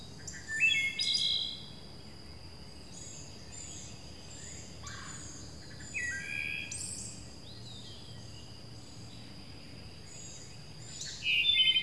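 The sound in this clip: Bird calls, short bursts of high chirping notes at intervals, separated by quieter stretches with a steady high tone and faint low rumble.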